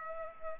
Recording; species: mosquito wingbeat signal from an infrared sensor; Culex pipiens